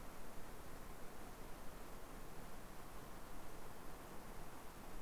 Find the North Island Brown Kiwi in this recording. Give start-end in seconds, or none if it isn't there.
none